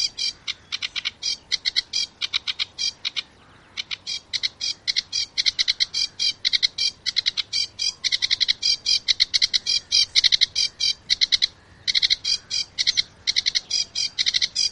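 Sedge warbler singing a fast, continuous chattering stream of harsh clicks and buzzy notes, with brief pauses between bursts.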